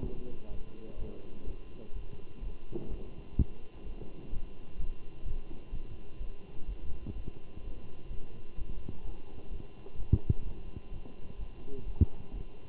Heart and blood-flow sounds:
heart sounds by stethoscope; between the tricuspid and mitral areas; 127 bpm
0.02 s: heartbeat
0.50 s: heartbeat
0.98 s: heartbeat
1.45 s: heartbeat
1.94 s: heartbeat
2.42 s: heartbeat
2.89 s: heartbeat
3.37 s: heartbeat
3.84 s: heartbeat
4.32 s: heartbeat
4.78 s: heartbeat
5.25 s: heartbeat
5.72 s: heartbeat
6.19 s: heartbeat
6.67 s: heartbeat
7.15 s: heartbeat
7.62 s: heartbeat
8.09 s: heartbeat
8.57 s: heartbeat
9.04 s: heartbeat
9.51 s: heartbeat
9.97 s: heartbeat
10.44 s: heartbeat
10.91 s: heartbeat
11.38 s: heartbeat
11.85 s: heartbeat
12.32 s: heartbeat
From the record:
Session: Bruce protocol treadmill stress test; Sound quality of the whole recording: good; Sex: male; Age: 23 years

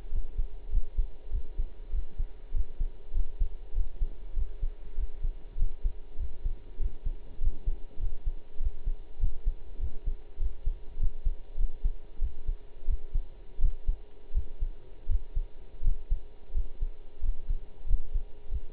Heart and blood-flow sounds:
heart sounds by stethoscope; between the tricuspid and mitral areas; 95 bpm
0.11 s: heartbeat
0.71 s: heartbeat
1.31 s: heartbeat
1.91 s: heartbeat
2.53 s: heartbeat
3.13 s: heartbeat
3.74 s: heartbeat
4.35 s: heartbeat
4.96 s: heartbeat
5.57 s: heartbeat
6.18 s: heartbeat
6.78 s: heartbeat
7.40 s: heartbeat
7.99 s: heartbeat
8.59 s: heartbeat
9.19 s: heartbeat
9.79 s: heartbeat
10.39 s: heartbeat
10.98 s: heartbeat
11.57 s: heartbeat
12.20 s: heartbeat
12.86 s: heartbeat
13.60 s: heartbeat
14.33 s: heartbeat
15.07 s: heartbeat
15.83 s: heartbeat
16.53 s: heartbeat
17.21 s: heartbeat
17.87 s: heartbeat
18.50 s: heartbeat
From the record:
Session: pedaling a stationary bicycle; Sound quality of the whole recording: partially saturated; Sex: male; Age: 23 years

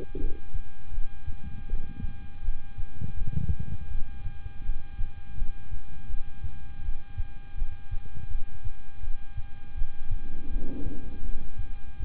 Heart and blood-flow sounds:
heart sounds by stethoscope; between the tricuspid and mitral areas; 81 bpm
0.18 s: heartbeat
0.91 s: heartbeat
1.66 s: heartbeat
2.42 s: heartbeat
3.15 s: heartbeat
3.88 s: heartbeat
4.63 s: heartbeat
5.35 s: heartbeat
6.07 s: heartbeat
6.82 s: heartbeat
7.55 s: heartbeat
8.28 s: heartbeat
9.01 s: heartbeat
9.75 s: heartbeat
10.49 s: heartbeat
11.22 s: heartbeat
11.97 s: heartbeat
From the record:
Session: rest, lying down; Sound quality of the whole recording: good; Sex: male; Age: 26 years

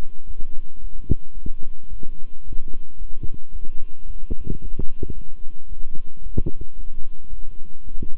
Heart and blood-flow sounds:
heart sounds by stethoscope; between the tricuspid and mitral areas; 111 bpm
0.26 s: heartbeat
0.79 s: heartbeat
1.33 s: heartbeat
1.88 s: heartbeat
2.43 s: heartbeat
2.97 s: heartbeat
3.51 s: heartbeat
4.05 s: heartbeat
4.60 s: heartbeat
5.13 s: heartbeat
5.68 s: heartbeat
6.22 s: heartbeat
6.75 s: heartbeat
7.29 s: heartbeat
7.83 s: heartbeat
From the record:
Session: walking at 3.7 km/h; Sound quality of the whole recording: good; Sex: male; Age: 26 years

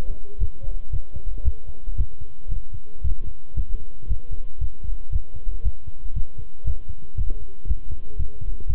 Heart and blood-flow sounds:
heart sounds by stethoscope; between the tricuspid and mitral areas; 116 bpm
0.40 s: heartbeat
0.92 s: heartbeat
1.44 s: heartbeat
1.97 s: heartbeat
2.51 s: heartbeat
3.03 s: heartbeat
3.56 s: heartbeat
4.09 s: heartbeat
4.60 s: heartbeat
5.12 s: heartbeat
5.64 s: heartbeat
6.15 s: heartbeat
6.66 s: heartbeat
7.17 s: heartbeat
7.68 s: heartbeat
8.18 s: heartbeat
8.69 s: heartbeat
From the record:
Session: walking at 3.7 km/h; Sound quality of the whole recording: good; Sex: male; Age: 25 years

